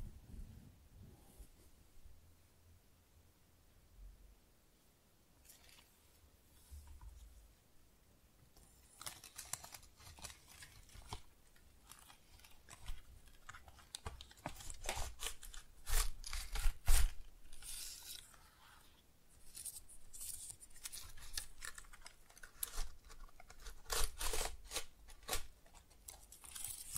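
Tingly flower sounds: soft crinkling, rustling and snipping that start sparse and quiet, then grow busier and brighter after about nine seconds.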